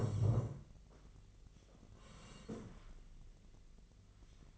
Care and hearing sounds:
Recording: daily activity, microphone in the room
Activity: sit down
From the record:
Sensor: 4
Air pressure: 1013.1 hPa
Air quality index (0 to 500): 173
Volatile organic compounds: 2 ppm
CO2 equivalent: 1091 ppm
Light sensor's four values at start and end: 50/123/52/56 and 50/123/52/56

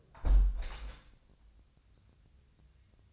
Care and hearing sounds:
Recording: daily activity, microphone in the room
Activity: close window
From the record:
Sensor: 2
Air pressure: 1014.8 hPa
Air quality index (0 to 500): 26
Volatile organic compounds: 1 ppm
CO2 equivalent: 511 ppm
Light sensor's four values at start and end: 8/19/8/8 and 8/19/8/8

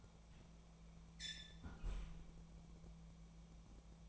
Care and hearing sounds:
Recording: daily activity, microphone in the room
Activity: close fridge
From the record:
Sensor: 1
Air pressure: 1000.1 hPa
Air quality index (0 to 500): 136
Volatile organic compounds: 2 ppm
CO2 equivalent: 1283 ppm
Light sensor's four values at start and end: 34/86/36/44 and 35/87/37/45

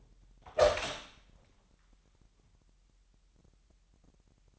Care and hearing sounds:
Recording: daily activity, microphone in the room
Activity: open door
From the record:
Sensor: 3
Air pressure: 998.3 hPa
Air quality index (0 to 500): 145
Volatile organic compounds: 5 ppm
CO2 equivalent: 1732 ppm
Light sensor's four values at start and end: 15/45/18/17 and 15/45/18/17

